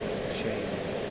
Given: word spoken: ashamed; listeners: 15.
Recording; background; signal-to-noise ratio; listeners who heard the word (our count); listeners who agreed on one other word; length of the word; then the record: one English word in noise, from a listening test; speech-shaped noise; -5.7 dB; 0 of 15; 12 of 15; 0.70 s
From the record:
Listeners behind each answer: 12, 2, 1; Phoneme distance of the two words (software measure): 37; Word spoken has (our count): 2 syllables, 5 phonemes, stress on syllable 2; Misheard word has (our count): 1 syllable, 4 phonemes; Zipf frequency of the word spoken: 4.01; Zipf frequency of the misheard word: 5.49